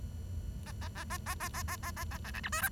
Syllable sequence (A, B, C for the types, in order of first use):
A A A A A A A A A A A A B C D E